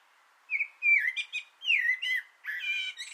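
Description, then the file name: Common blackbird song with mellow fluted notes that rise and fall, broken by short chuckles, and a scratchy high twitter closing the phrase. Singing from an antenna, recorded 6 June 2025. "Koltrast på antennen 2025 06 06"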